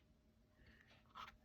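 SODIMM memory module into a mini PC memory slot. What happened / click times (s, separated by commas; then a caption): The memory module is being lined up, not yet seated / none. A DDR4 2400 SODIMM memory module is lined up notch-to-key with the memory slot of a Beelink GTR Ryzen mini PC and eased in at an angle. Soft handling noise and faint scraping build around 0.6–0.9 s, followed by a brief louder rub near 1.2 s. The stick has not yet been pushed down to latch, so nothing has seated or clicked yet.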